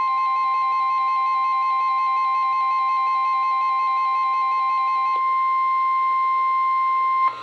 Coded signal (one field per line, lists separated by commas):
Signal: Emergency Alert System (SAME) tones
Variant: 1050 Hz attention tone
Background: music